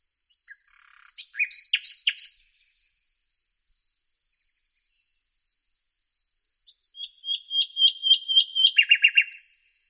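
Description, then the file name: Common nightingale gives a short loud burst of harsh notes, falls silent, then delivers a series of repeated whistles leading into a quick rattle. "Luscinia megarhynchos"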